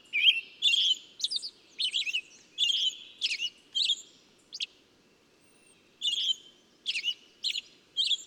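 Bird delivering a fast series of scratchy, warbling chirps, pausing briefly before resuming the same busy phrase.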